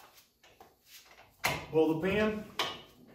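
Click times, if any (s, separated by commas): none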